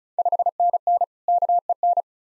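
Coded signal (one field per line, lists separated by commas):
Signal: Morse code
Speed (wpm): 36 wpm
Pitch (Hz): 700 Hz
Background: none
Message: 5NN KEN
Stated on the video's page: Morse practice of Ontario QSO Party contest exchanges at 35 wpm, each sent, spoken, then sent again for head-copy.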